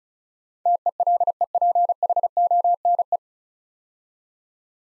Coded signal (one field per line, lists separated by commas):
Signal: Morse code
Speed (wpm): 36 wpm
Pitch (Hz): 700 Hz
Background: none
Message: TELEPHONE